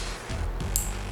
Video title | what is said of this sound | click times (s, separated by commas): 2022 Road Glide ST Upgrade - Ciro Filler Panel Lights Install | and you plug that in they can only go one way listen for the click like everybody says | 0.8 s